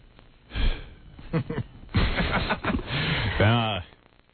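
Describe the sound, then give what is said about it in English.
An exhausted person with beads of sweat on their forehead breathes heavily and noisily in several uneven bursts of inhales and exhales, ending with a short, strained voiced groan as the breaths trail off. “You're breathing heavy and there's beads of sweat on your forehead.”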